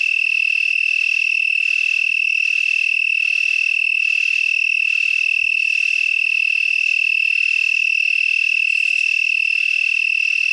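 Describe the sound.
Broad-winged tree cricket giving a continuous, even trill on a single high pitch, unwavering for the whole stretch, with a few faint low ticks underneath.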